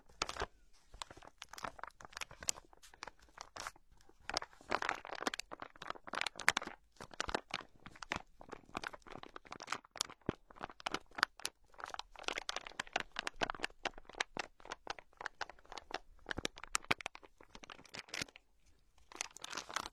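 Everyday plastic items are handled, giving dense, crisp crinkling and crackling with sharp taps scattered throughout. The sounds come in quick irregular bursts, bright and dry, with a few brief pauses.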